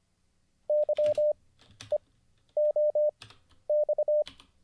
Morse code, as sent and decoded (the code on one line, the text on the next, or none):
-.-- . --- -..-
YEOX